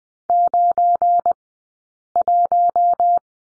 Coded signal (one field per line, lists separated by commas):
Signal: Morse code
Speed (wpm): 20 wpm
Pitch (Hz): 700 Hz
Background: none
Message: 91